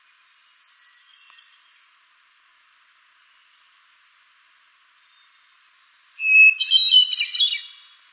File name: HETH song